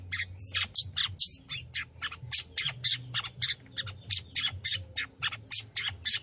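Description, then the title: Long-tailed shrike in busy song, a dense jumble of scratchy, varied notes at uneven pace. Singing lively (gacor). "Cendet Gacor"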